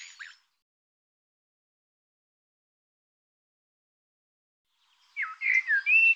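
Bird calls: a brief chirp at the start, then after a long silence a burst of whistled, warbling notes that rise and fall near the end.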